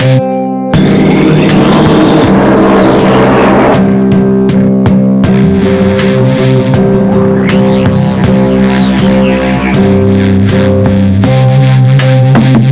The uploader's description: Environmental noises were recorded in Stuart, FL. and Hot Springs, AR.